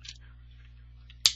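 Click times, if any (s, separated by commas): 1.3 s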